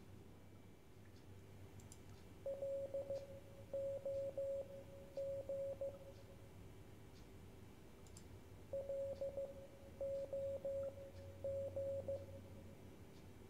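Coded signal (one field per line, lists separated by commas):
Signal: Morse code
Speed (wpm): 15 wpm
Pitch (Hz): 550 Hz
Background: radio noise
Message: LOG LOG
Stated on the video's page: Morse code in a puzzle game.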